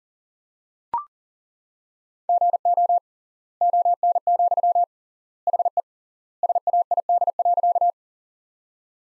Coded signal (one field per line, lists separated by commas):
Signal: Morse code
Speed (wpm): 40 wpm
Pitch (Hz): 700 Hz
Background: none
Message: GO ON, HE SAID.